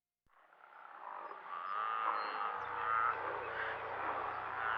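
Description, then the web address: Steller sea lions roaring and growling in a dense, overlapping chorus of harsh, rasping calls that builds quickly and continues steadily, with a low hum joining partway through. Western North America. "Dan Gibson Wildlife Identification By Sound, Western North America. Steller's Sea Lion"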